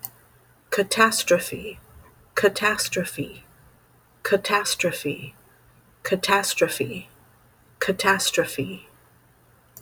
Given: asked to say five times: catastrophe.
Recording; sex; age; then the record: repeated word; female; 50 to 59 years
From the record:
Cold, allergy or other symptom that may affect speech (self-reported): no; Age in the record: 52 years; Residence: Texas, United States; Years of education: 16